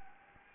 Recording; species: mosquito wingbeat signal from an infrared sensor; Anopheles gambiae